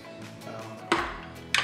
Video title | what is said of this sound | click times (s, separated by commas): Surprising Fix For A Hummingbird Helix 12 | this is one that works properly you can hear it snap into place | 0.9 s, 1.5 s